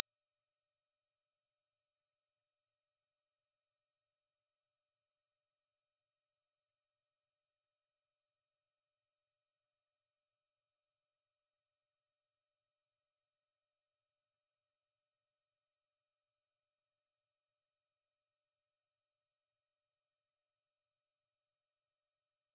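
A pure sine tone at 5621 Hz holds perfectly steady for the whole clip, a single thin, bright pitch with no wavering. Its loudness stays level from start to finish, and nothing else sounds in the background.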